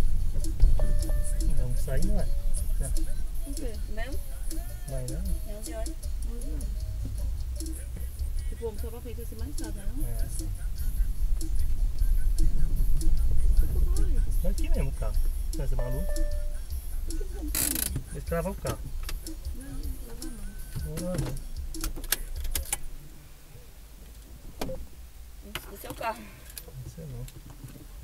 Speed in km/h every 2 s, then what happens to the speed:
6, 3, 1, 2, 4, 7, 6, 3, 0, 0, 0, 0, 0, 0.
3-6 standing. 6-11 steady at about 4. 11-15 slows to 0. 15-28 standing.